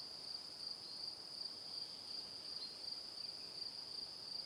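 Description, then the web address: Cricket chirps in a continuous high-pitched rhythm, short pulsed bursts coming roughly every third of a second over soft background hiss. Crickets in the evening. "calm calmplus sounds Calm - Evening Crickets"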